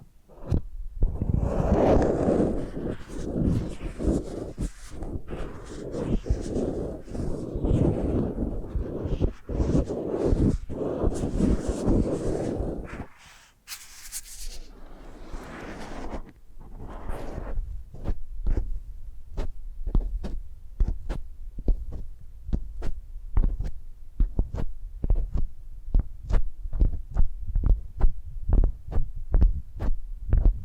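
Close, muffled scratching rubs against the ear for thirteen seconds, a brief hissing sweep follows, then sparse, regular soft taps and scratches continue.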